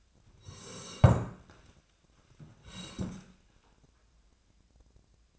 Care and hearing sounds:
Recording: daily activity, microphone in the room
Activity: sit down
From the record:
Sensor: 2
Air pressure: 1012.1 hPa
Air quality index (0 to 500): 159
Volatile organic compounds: 2 ppm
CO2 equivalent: 1166 ppm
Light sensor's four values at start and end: 45/111/49/56 and 71/161/74/86

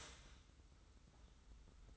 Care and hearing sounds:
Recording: daily activity, microphone in the room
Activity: start toaster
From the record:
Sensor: 3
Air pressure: 990.6 hPa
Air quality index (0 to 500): 157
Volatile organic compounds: 710 ppm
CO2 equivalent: 5052 ppm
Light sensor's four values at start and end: 40/95/39/36 and 40/95/39/36

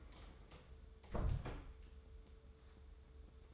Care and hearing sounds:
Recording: daily activity, microphone in the room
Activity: close door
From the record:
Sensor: 3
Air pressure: 1015.2 hPa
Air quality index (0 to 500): 131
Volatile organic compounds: 6 ppm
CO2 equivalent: 1847 ppm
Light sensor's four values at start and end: 16/40/16/17 and 16/40/16/17

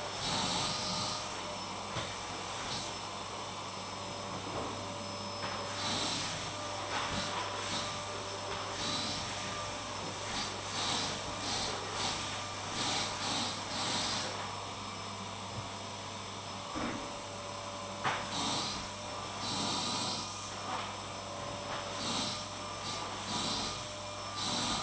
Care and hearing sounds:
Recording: daily activity, microphone in the room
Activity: vacuum cleaning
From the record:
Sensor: 1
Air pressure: 1000.2 hPa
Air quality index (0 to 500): 139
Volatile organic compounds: 2 ppm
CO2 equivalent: 1307 ppm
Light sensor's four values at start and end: 33/83/35/42 and 32/80/34/41

